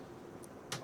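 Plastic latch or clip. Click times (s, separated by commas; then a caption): 0.7 s. During a PC build, an unnamed component is pushed home into its mount or slot. Against a low steady background hum, a short, bright snap sounds at 0.7 s as the part seats into place.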